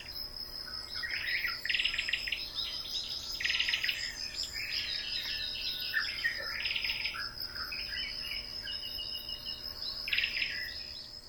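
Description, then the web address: Ryukyu robin delivering short rattling, warbled phrases every few seconds, partly masked by a steady shrill insect chorus throughout. Recorded in Yanbaru on 20 September 2017. "koe akahige 170920 yanbaru morishita"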